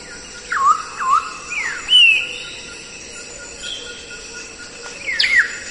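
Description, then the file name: Grey parrot whistled calls, several quick descending-then-rising notes in a burst, a pause, then a final sliding whistle. "canto do papagaio cinzento"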